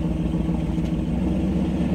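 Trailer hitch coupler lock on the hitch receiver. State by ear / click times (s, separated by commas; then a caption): not seated / none. A vehicle sits in reverse as the driver lets up off the brake so the trailer hitch shifts toward engaging the coupler lock on the hitch receiver, with the coupler meant to lock onto the ball. Only a steady, low engine hum is heard throughout, with no sharp sounds. Nothing has seated or clicked yet.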